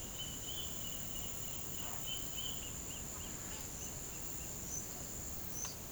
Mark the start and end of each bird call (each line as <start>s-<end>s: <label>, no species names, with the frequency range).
0.01s-4.50s: bird call (2.0-3.4 kHz)